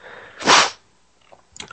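A single explosive sneeze from an adult bursts out in under half a second after a faint lead-in breath, then quiet with a few small rustles. It is one sneeze in an allergy-related sneezing attack.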